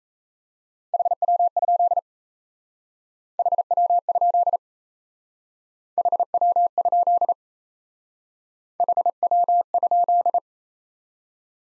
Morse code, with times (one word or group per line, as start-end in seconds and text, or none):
0.9-2.0 HW?
3.4-4.6 HW?
6.0-7.3 HW?
8.8-10.4 HW?